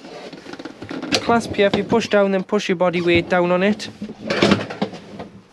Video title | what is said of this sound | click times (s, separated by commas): Chausson premium 778 Handover | it will click in and then of course you can't move that over ever so slightly sweet and still use them seats and to | 4.3 s